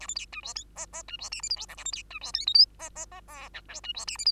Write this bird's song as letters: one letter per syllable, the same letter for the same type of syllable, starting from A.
A B C D E F F D E G H I J K A B C D E L M N F F F O P Q D E G H I